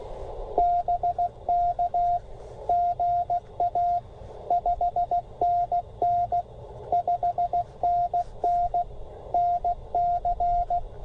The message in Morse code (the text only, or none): BK GA 5NN 5NN NC